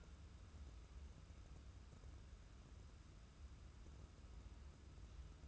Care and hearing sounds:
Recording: daily activity, microphone in the room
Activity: wipe stove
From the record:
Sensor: 2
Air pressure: 994.3 hPa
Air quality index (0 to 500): 212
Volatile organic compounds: 1000 ppm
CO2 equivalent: 7024 ppm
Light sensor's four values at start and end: 130/310/130/134 and 135/322/136/140

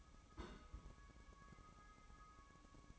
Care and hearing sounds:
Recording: daily activity, microphone in the room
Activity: place on stove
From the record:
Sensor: 1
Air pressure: 1008.0 hPa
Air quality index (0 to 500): 130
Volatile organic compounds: 2 ppm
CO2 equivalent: 1094 ppm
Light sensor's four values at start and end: 7/17/7/7 and 7/17/7/7

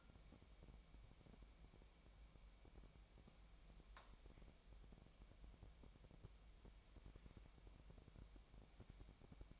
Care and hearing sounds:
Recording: daily activity, microphone in the room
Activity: wipe stove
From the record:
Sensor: 1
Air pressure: 1003.2 hPa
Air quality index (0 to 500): 199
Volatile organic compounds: 6 ppm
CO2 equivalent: 1900 ppm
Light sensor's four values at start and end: 11/25/11/13 and 11/26/11/13

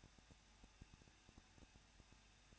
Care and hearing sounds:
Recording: daily activity, microphone in the room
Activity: no activity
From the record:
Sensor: 2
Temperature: 21.0 degrees Celsius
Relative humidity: 37.3%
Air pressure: 1006.3 hPa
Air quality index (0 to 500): 221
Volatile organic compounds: 23 ppm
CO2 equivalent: 2789 ppm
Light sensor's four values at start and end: 2/3/2/2 and 2/3/2/2

